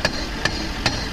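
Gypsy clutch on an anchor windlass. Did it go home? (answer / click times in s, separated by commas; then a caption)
partly / 0.1 s, 0.5 s, 0.9 s. The gypsy clutch on an anchor windlass, freed with a winch handle, gives three sharp clicks at 0.1 s, 0.5 s and 0.9 s over a steady low rumble. The repeated clicking means the clutch is not up far enough and its teeth are only barely catching, so it is only partly engaged.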